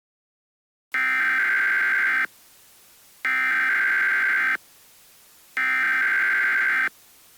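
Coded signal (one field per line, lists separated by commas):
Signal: Emergency Alert System (SAME) tones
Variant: header bursts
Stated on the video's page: Simulated mock-up alert made by a first-time creator, not real.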